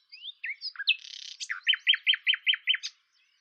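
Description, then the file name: Common nightingale song: a few varied chirps and a short buzz, then six loud downslurred notes repeated rapidly and evenly before stopping abruptly. "Luscinia megarhynchos"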